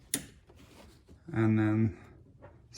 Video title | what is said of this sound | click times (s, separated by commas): 2010-2015 Lexus RX350 RX450h Front Outside Door Handle Replacement Instructions | until it clicks | 0.1 s